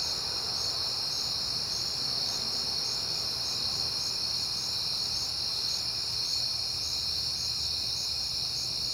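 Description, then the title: Crickets chirp in a high chorus, with regular rapid pulsed chirps over a steady trilling background. Crickets recorded on a peaceful night in September. "Night Time: Crickets and Passing Cars"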